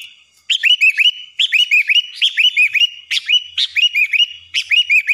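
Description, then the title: Sooty-headed bulbul pouring out rapid, continuous bubbly whistles, looping notes repeated in quick succession for nearly five seconds with only brief breaks. "Kutilang"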